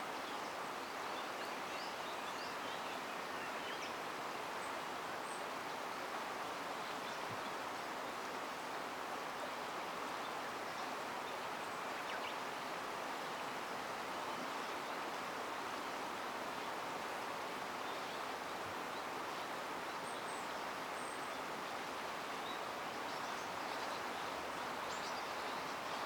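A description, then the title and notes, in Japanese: The Tama River flows steadily in the dim early morning, a dense, even rush of water that never changes over the whole clip. Faint, brief bird calls flicker high above the flow now and then, most noticeably around twenty seconds in. 朝闇の多摩川。まだ薄暗い朝の多摩川の流れと、鳥たちのさえずりに包まれる。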